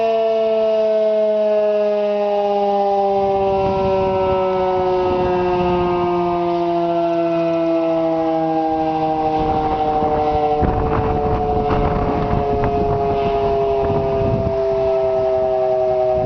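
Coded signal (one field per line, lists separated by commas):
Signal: siren signal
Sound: steady, sustained outdoor siren wail with a slowly falling pitch, plus gusty wind noise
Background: wind noise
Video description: Siren Signal: Alert/Brief Attack (Monthly Test)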